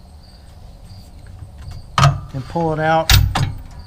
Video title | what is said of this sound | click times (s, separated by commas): DIY Solar Trailer Build FULL TOUR - Everything You Need for Off-Grid Camping | folds back and locks into place for travel. | 2.0 s